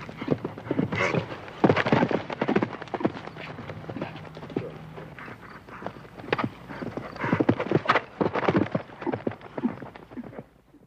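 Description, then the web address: Horse galloping, rapid irregular hoof thuds in rolling bursts, with a low steady rumble underneath. "Tiere Pferd Galopp"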